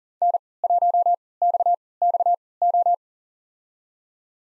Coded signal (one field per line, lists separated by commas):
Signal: Morse code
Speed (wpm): 40 wpm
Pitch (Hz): 700 Hz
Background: none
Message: N1XXO